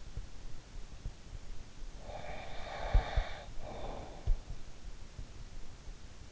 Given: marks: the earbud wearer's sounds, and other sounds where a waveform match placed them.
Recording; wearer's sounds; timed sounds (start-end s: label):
sounds in sleep by an in-ear microphone; breath
2.15-4.29 s: breath